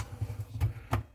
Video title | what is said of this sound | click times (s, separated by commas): Kitchenaid dishwasher repair | and it locks in place easily it's harder to get off but getting on you can feel it snap in | 0.9 s